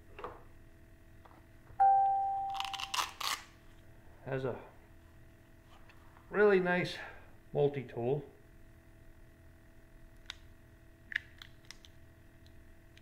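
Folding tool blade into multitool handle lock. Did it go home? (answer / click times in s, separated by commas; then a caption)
yes / 11.2 s. A tool blade on a new folding multitool is swung open into the handle until it locks in place, seating with a sharp click at 11.2 s. Someone talks, and several light clicks and ticks from handling the tool are heard before and after it locks.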